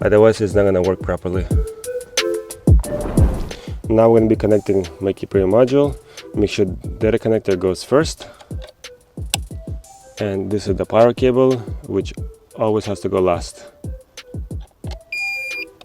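Someone talks while installing a MyKey Premium remote starter with key ignition on a 2022-2024 Kia Forte, plugging the plastic data connector of the wiring harness into the remote-start module first. A single sharp, loud click at 9.3 seconds shows the data connector seating into the module.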